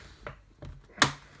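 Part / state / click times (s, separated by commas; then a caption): laptop bottom case clips onto the chassis / seated / 0.3 s, 1.0 s. The plastic bottom case of a 2016/early 2017 HP Omen 15-inch gaming laptop is pressed down around the ports so its clips snap onto the chassis. Sharp plastic clip snaps are heard at 0.3 s and 1.0 s, the second much louder, with a fainter tick at about 0.7 s between them. The case clips are seated, and the loud snaps are remarked on as sounding awful.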